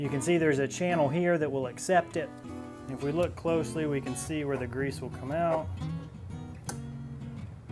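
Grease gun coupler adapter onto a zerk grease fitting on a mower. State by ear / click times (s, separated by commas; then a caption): seated / 6.7 s. A 90-degree grease adapter on a grease gun is slid onto a metal zerk fitting on a mower while someone talks over guitar music. A short, sharp click at 6.7 s marks the adapter locking onto the fitting.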